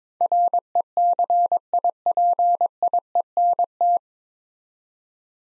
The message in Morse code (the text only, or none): RECIPIENT